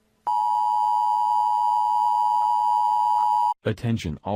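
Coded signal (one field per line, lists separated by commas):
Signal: Emergency Alert System (SAME) tones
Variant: 853 and 960 Hz attention tone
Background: speech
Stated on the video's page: Fictional alert for a chat information service.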